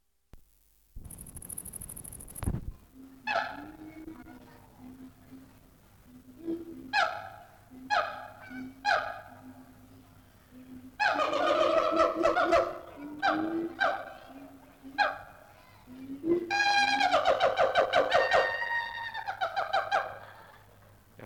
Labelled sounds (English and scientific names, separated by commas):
Siamang (Symphalangus syndactylus)